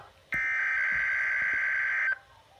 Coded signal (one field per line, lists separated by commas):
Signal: Emergency Alert System (SAME) tones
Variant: header bursts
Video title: Required Weekly Test (EAS-6)